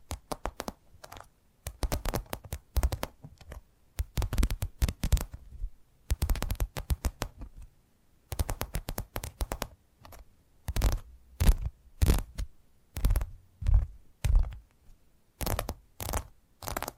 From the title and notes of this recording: ASMR 10 Addictive Tapping Triggers. (No Talking).